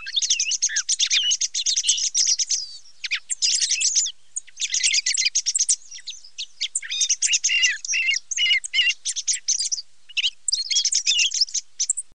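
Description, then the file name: Thrush song, long, rapid sequences of mixed chirps and slurred whistles, with occasional short gaps between bursts. "TORDO"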